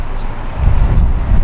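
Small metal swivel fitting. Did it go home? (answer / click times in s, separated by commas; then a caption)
no / none. The swivel stem of a B3 Archery Hawk wrist release is handled at its wrist strap buckle, about to be twisted so it locks in place. Only a steady low rumble with a soft broadband hiss is heard, with no sharp sounds. Nothing has seated or clicked yet.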